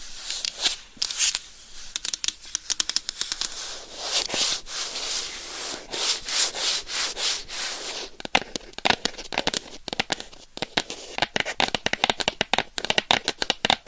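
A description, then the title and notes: Claws scratch and tap a microphone in dense, scraping bursts that smooth out midway, then turn into sharp, irregular clicks and taps. ASMR Binaural Dummy Head Mic Scratching & Tapping with Claws 100% Tingles - ASMR No Talking.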